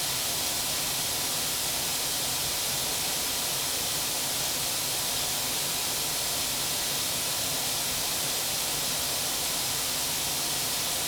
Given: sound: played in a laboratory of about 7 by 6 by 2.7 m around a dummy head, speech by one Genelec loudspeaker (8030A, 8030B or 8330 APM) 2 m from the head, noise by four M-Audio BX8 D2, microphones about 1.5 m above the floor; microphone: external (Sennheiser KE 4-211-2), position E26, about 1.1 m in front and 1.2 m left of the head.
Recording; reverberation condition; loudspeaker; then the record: white noise; medium; four, about 170 cm from the corners of the room and facing them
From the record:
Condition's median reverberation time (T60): about 510 ms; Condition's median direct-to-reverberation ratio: about -0.5 dB